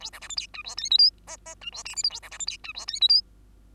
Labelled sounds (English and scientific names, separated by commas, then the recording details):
Bengalese Finch (Lonchura striata domestica) song
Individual Bird2